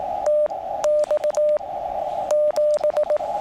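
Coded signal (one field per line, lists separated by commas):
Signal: Morse code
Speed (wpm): 16 wpm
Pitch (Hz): 600 Hz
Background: radio noise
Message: TX 7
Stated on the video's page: QRP CW POTA activation from Great Smoky Mountains National Park using a QCX mini.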